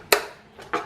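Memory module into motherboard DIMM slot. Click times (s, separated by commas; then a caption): 0.1 s. A DDR4 memory stick is pushed down into a motherboard DIMM slot, and the retention clip closes with a sharp click at 0.1 s. It locks in place easily, and a second, softer click follows at 0.7 s.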